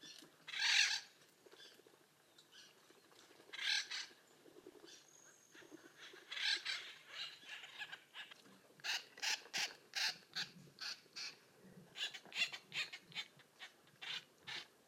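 Bird giving one loud harsh squawk, then softer squawks and a long series of short, dry clicks.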